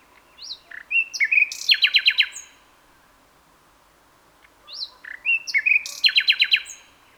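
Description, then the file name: Common nightingale song: two similar phrases, each of rising whistles and chirps leading into a fast trill of repeated notes, separated by a short silence. "Luscinia megarhynchos"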